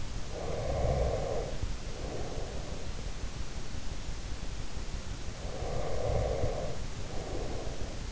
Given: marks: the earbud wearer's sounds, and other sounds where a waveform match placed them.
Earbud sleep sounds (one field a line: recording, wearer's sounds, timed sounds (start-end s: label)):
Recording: sounds in sleep by an in-ear microphone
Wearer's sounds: breath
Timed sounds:
0.13-3.23 s: breath
5.38-8.12 s: breath